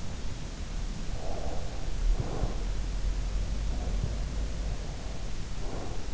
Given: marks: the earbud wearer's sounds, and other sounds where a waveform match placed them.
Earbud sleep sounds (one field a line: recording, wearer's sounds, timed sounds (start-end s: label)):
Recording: sounds in sleep by an in-ear microphone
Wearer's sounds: breath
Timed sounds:
1.04-2.70 s: breath
3.77-6.14 s: breath